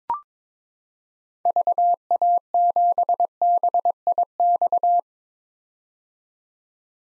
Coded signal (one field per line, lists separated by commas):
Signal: Morse code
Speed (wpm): 21 wpm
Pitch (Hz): 700 Hz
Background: none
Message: VA7BIX